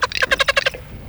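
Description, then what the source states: Eurasian teal calls: a quick series of about eight short notes, evenly spaced, over faint background hiss. Recorded in Russia.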